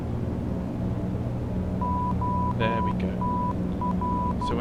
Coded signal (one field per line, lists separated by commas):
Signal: Morse code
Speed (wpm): 12 wpm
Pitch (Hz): 990 Hz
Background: speech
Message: OTR